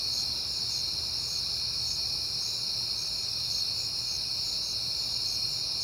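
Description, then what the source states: Crickets give a shrill, steady chorus, with regular bursts of pulsed trilling over a faint low rumble. Crickets on a peaceful night in September.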